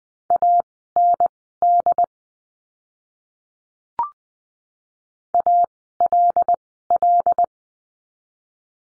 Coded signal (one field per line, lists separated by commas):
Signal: Morse code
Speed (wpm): 20 wpm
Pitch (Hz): 700 Hz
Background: none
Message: AND ALL